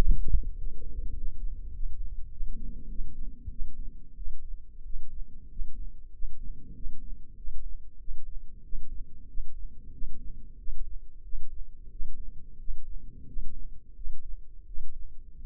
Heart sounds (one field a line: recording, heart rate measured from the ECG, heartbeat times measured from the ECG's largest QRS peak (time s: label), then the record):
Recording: heart sounds by microphone in the left ear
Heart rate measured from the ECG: 93 bpm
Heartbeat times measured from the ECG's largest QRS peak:
0.56 s: heartbeat
1.15 s: heartbeat
1.73 s: heartbeat
2.30 s: heartbeat
2.88 s: heartbeat
3.49 s: heartbeat
4.15 s: heartbeat
4.83 s: heartbeat
5.49 s: heartbeat
6.12 s: heartbeat
6.74 s: heartbeat
7.36 s: heartbeat
7.98 s: heartbeat
8.62 s: heartbeat
9.27 s: heartbeat
9.91 s: heartbeat
10.57 s: heartbeat
11.22 s: heartbeat
11.90 s: heartbeat
12.58 s: heartbeat
13.26 s: heartbeat
13.94 s: heartbeat
14.65 s: heartbeat
15.35 s: heartbeat
From the record:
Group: healthy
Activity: cold pressor test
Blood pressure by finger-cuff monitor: 136/69 mmHg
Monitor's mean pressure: 89 mmHg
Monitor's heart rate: 95 bpm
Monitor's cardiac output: 10 L/min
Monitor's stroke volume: 105 mL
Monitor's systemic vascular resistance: 660 dyn s/cm5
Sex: male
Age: 24 years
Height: 184 cm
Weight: 89 kg